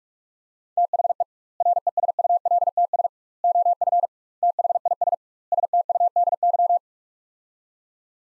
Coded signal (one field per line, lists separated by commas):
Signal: Morse code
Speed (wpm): 46 wpm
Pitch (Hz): 700 Hz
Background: none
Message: THE RESULTS OF THIS STUDY